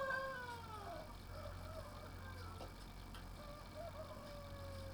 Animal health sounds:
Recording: poultry house recording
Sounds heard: healthy chickens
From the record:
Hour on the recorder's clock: 11

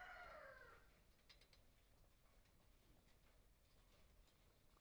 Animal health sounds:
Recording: poultry house recording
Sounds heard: healthy chickens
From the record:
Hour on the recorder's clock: 17

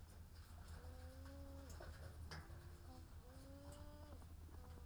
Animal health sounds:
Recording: poultry house recording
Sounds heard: sick chickens (respiratory disease)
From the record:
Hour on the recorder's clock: 13

